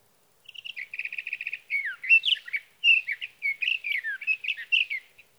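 Sage thrasher song opening with a fast stuttering series of short repeated notes, then flowing into a continuous jumble of warbled, slurred phrases.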